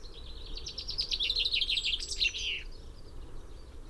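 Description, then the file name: Common chaffinch song, one full phrase of quick notes that descend and end in a downward flourish, over steady background noise. "Fringilla coelebs"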